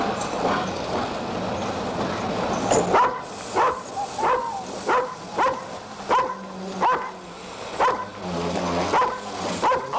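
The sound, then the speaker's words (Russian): After a few seconds of steady rumbling noise, German shepherd dogs held by soldiers on a railway station platform in Weimar, as a train of prisoners of war arrives, start barking in a rapid, insistent series of loud, sharp barks, roughly one per second, continuing to the end. “На перроне стоят солдаты с овчарками.”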